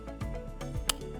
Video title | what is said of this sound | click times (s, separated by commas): The SHOCKING Truth About FIFINE H13 Gaming Headset - Is it GOOD or BAD? | Yeah, once you hear that click, then you know that it's in. | 0.9 s